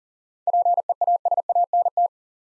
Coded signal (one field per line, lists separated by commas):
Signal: Morse code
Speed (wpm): 40 wpm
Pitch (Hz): 700 Hz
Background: none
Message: PEASANT